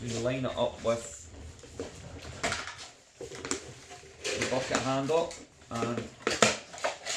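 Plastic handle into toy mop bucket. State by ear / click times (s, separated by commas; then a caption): seated / 6.4 s. Someone talks while lining up the plastic handle of a toy mop bucket and pushing it into the bucket, with a few small knocks along the way. At 6.4 s there is a sharp click as the handle clips into place and is seated.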